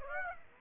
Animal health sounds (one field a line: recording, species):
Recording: mosquito wingbeat signal from an infrared sensor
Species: Aedes aegypti